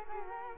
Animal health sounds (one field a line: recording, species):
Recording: mosquito wingbeat signal from an infrared sensor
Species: Culex quinquefasciatus